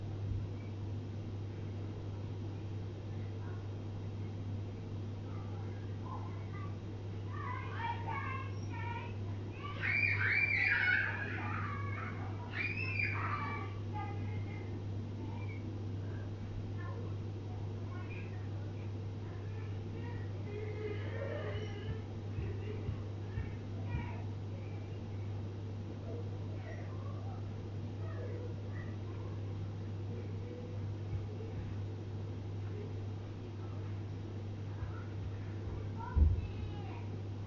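Everyday household sounds over a constant low hum that never changes. Between about 8 and 14 seconds come quick, high, chirping calls, perhaps a cat or voice, with fainter murmurs near 21 seconds and a sharp knock just before the end.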